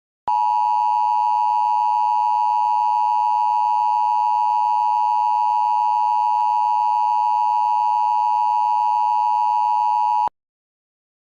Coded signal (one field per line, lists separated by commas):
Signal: Emergency Alert System (SAME) tones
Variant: 853 and 960 Hz attention tone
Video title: Nuclear bomb eas prank free to use